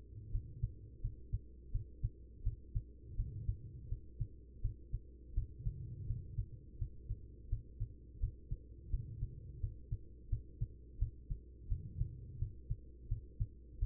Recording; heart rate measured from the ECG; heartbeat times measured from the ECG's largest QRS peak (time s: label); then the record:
heart sounds by stethoscope; 85 bpm
0.30 s: heartbeat
1.00 s: heartbeat
1.71 s: heartbeat
2.42 s: heartbeat
3.15 s: heartbeat
3.88 s: heartbeat
4.60 s: heartbeat
5.33 s: heartbeat
6.06 s: heartbeat
6.77 s: heartbeat
7.48 s: heartbeat
8.19 s: heartbeat
8.90 s: heartbeat
9.59 s: heartbeat
10.28 s: heartbeat
10.98 s: heartbeat
11.67 s: heartbeat
12.38 s: heartbeat
13.07 s: heartbeat
13.78 s: heartbeat
From the record:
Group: healthy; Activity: cold pressor test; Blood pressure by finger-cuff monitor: 127/87 mmHg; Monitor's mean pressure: 100 mmHg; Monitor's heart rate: 86 bpm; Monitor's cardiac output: 5.6 L/min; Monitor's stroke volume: 66 mL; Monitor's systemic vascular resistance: 1310 dyn s/cm5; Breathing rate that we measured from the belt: 21 breaths a minute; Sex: female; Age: 43 years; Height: 160 cm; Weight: 90 kg